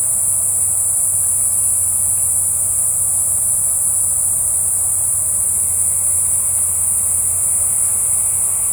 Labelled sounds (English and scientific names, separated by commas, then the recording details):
none
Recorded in forest near Pivijay, Magdalena, Colombia, on 1 June 2023 at 14:30
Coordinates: 10.467, -74.380
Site Z5-G034